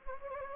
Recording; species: mosquito wingbeat signal from an infrared sensor; Anopheles gambiae